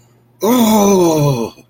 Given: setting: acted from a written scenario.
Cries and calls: vocal sound without words; confusion

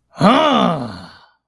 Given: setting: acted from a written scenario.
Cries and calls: vocal sound without words; triumph

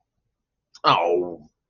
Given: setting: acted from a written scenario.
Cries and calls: vocal sound without words; contempt

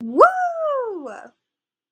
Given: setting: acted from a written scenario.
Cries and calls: vocal sound without words; triumph

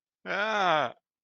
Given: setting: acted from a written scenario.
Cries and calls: vocal sound without words; distress

